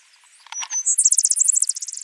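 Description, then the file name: Vesper sparrow song: a few short whistled notes leading into a rapid, high-pitched trill. "Pooecetes gramineus - Vesper Sparrow"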